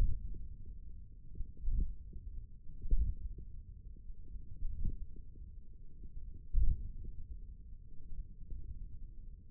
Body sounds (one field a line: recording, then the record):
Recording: forearm muscle sounds (acoustic myography)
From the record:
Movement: radial deviation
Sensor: system 1, eight BSWA MPA416 microphones around the upper forearm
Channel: 1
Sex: male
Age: 28 years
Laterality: right